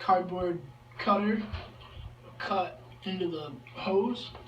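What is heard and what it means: Someone talks while handling a compression fitting for the supply tubing of a MACguard 7500 water filter system, after mentioning cutting the tubing with a cardboard cutter. No distinct handling sounds stand out over the speech and a steady low hum. The fitting has not seated or clicked on yet.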